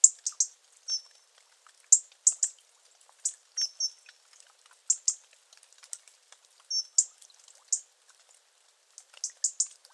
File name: Erithacus rubecula